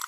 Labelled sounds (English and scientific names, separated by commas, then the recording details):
Green-rumped Parrotlet (Forpus passerinus) babbling
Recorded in a nest box in Venezuela
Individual 18B25A4